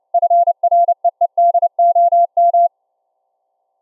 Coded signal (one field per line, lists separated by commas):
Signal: Morse code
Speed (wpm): 30 wpm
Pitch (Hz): 690 Hz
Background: none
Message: FREEDOM